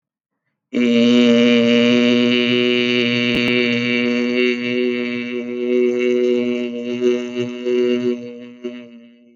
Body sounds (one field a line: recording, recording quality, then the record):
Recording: sustained vowel as in made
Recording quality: excellent, no background noise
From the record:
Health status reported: healthy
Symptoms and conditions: none ticked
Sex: male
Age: 36 years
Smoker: not ticked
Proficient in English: yes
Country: India